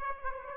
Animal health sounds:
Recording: mosquito wingbeat signal from an infrared sensor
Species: Aedes aegypti

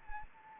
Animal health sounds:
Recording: mosquito wingbeat signal from an infrared sensor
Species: Anopheles gambiae

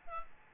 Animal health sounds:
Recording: mosquito wingbeat signal from an infrared sensor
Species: Aedes albopictus

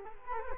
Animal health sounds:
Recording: mosquito wingbeat signal from an infrared sensor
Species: Culex quinquefasciatus

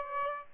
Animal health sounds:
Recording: mosquito wingbeat signal from an infrared sensor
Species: Aedes albopictus

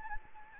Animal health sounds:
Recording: mosquito wingbeat signal from an infrared sensor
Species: Anopheles gambiae

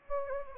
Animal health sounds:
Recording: mosquito wingbeat signal from an infrared sensor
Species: Anopheles gambiae

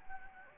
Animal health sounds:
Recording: mosquito wingbeat signal from an infrared sensor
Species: Anopheles gambiae

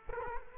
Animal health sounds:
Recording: mosquito wingbeat signal from an infrared sensor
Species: Culex quinquefasciatus

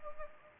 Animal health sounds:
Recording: mosquito wingbeat signal from an infrared sensor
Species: Anopheles gambiae

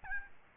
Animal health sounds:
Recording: mosquito wingbeat signal from an infrared sensor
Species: Aedes albopictus

